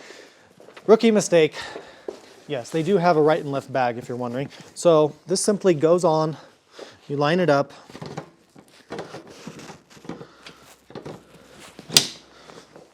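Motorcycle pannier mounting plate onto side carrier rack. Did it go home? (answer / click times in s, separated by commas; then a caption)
yes / 12.0 s. Someone talks while lining up an SW-MOTECH SysBag WP soft pannier, which has a hard mounting plate, on the SW-MOTECH Pro Side Carrier quick-release rack of an Aprilia Tuareg 660 motorcycle, with a few soft knocks as it is pushed on. A sharp, loud click at 12.0 s marks the latch seating, and the pannier is secure and hard mounted.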